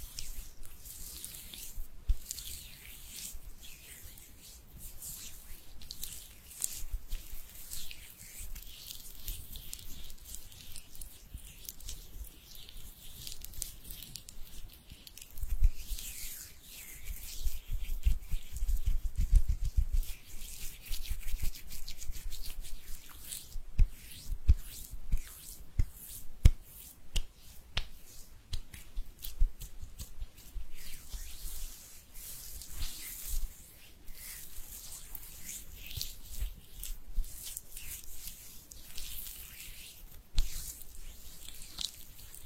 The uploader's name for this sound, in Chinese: 搓手手